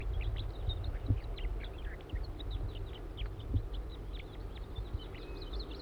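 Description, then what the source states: Crossbill calls: many short, sharp kip notes, repeated rapidly and irregularly, over a steady low rumble. Wild juvenile calling near a netting site.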